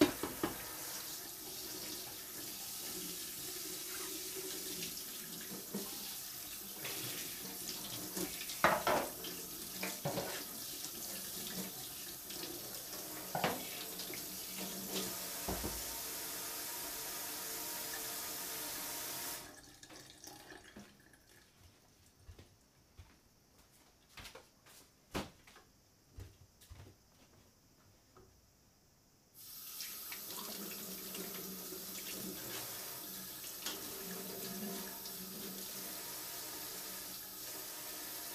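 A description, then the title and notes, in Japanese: Knife sharpening, with a tap running in a steady bright hiss through the first nineteen seconds while short scrapes and knocks poke through. The water cuts off for about ten seconds of quieter, sparse clicks and scrapes, then runs again from around 29 seconds. 環境音 久しぶりの包丁研ぎ。3本研いで少し疲れました。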